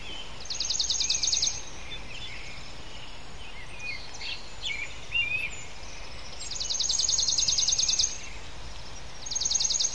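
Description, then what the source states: Scattered bird chirps with a few high buzzy trills over a constant hiss of background noise. Recorded in a residential area of Port Perry.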